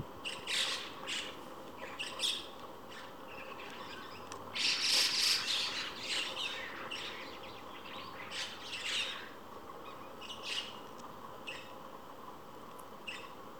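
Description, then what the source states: White-cheeked starling harsh chattering squawks in many quick bursts, loudest in the middle, over steady background noise. Pairs of starlings lined up evenly on an electric wire, occasionally squabbling noisily with harsh calls.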